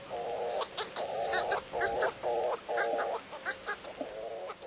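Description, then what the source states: Hawaiian petrel calls: a series of nasal, harmonic notes repeated about twice a second, some with sharp higher ticks between them, over a faint low background hiss. A pair calling at sunset at the mouth of their nest burrow, dug high in the rim of Haleakala volcano, Maui; crow-sized seabirds with long, slender wings.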